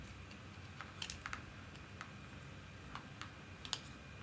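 A plastic part of a large starship scale model is handled and pushed against the model frame, giving a run of light plastic ticks and small taps, with the sharpest ones around 1.0, 1.1 and 3.7 seconds. Nothing has seated or clicked into place yet; the clip ends just before the part goes home.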